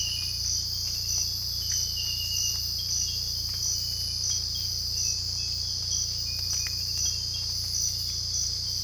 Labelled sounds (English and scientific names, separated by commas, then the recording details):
none
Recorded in secondary vegetation near Puerto Asís, Putumayo, Colombia, on 18 December 2024 at 05:30
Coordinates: 0.484, -76.319
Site GP06